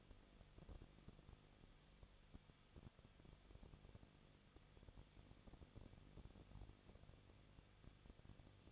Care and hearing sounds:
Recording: daily activity, microphone in the room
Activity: no activity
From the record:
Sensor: 4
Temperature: 23.1 degrees Celsius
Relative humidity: 34.5%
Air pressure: 1007.2 hPa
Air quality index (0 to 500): 215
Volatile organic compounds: 15 ppm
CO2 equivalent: 2490 ppm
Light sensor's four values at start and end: 2/3/1/1 and 2/3/1/1

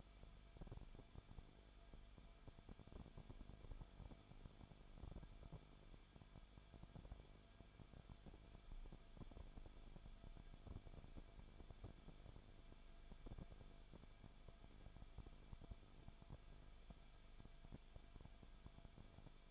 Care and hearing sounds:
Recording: daily activity, microphone in the room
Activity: no activity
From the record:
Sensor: 5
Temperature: 20.4 degrees Celsius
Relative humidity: 39.7%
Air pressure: 1010.8 hPa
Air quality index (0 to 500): 165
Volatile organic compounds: 15 ppm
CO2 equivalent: 2491 ppm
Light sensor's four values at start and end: 2/3/1/1 and 2/3/1/1

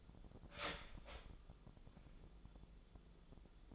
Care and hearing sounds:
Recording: daily activity, microphone in the room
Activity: start toaster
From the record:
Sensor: 5

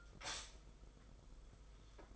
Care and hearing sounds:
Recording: daily activity, microphone in the room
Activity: stop toaster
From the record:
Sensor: 5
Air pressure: 990.9 hPa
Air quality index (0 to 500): 144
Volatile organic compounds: 126 ppm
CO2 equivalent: 3910 ppm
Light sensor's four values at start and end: 35/112/42/45 and 35/111/42/45

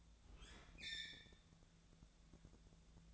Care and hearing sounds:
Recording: daily activity, microphone in the room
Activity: open fridge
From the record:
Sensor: 3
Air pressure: 1000.0 hPa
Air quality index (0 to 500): 133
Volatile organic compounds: 2 ppm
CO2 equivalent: 1184 ppm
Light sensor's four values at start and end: 36/92/39/42 and 36/91/38/42

